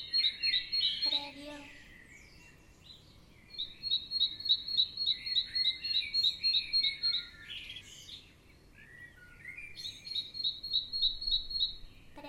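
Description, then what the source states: Birds chirping in a morning chorus, fast trains of sharp repeated notes near the top, softer warbling below, and a brief harmonic squawk early on. Morning ambience.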